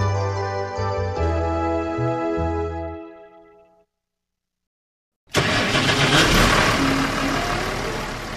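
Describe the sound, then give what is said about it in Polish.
A steady, tonal passage fades into a short silence, then a farm tractor engine, one of the most powerful on the farm, bursts to life and keeps running with a loud, rough, continuous diesel rumble. “Mam cztery ciągniki New Hollanda serii 7000 i 6000 i TLK 85. Ten jest jeden z najmocniejszych w tej chwili w moim gospodarstwie.”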